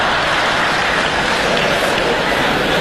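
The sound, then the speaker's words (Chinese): A dense, steady wash of audience applause fills the whole stretch, many hands clapping at once into a loud, even crackle with no voices breaking through. “您看这鼓掌的同志们都深受其害”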